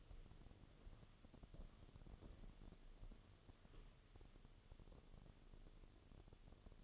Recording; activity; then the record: daily activity, microphone in the room; walk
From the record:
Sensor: 4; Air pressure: 1016.1 hPa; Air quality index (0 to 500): 163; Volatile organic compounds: 6 ppm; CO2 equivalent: 1860 ppm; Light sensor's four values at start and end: 8/17/7/6 and 8/19/7/6